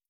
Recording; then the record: hydrophone in a shrimp aquaculture tank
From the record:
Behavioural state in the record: stressed